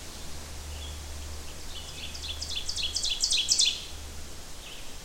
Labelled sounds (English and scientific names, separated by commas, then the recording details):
Ovenbird (Seiurus aurocapilla) song
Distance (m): 5 m
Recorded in boreal forest in Alberta, Canada, on 14 June 2016 at 07:51
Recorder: SongMeter 3, array SBT-3-33
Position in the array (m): 161 m, 186 m
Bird 46